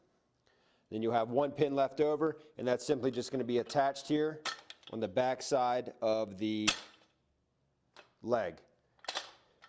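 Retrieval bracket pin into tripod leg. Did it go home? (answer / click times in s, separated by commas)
yes / 9.1 s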